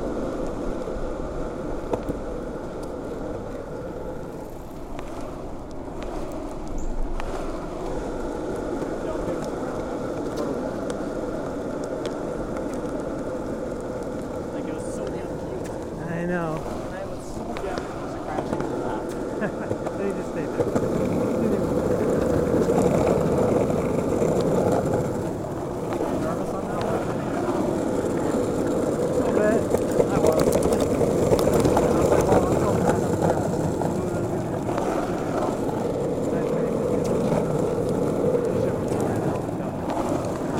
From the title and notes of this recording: Skateboarding Serenity on the Bike Path. Skate along a shared-use bike path that offers a smooth and flat surface.